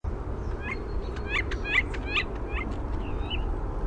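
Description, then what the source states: European starling warbling, with quick chirpy notes and short rattles tumbling out in a lively run against a low background rumble. Warbled song type.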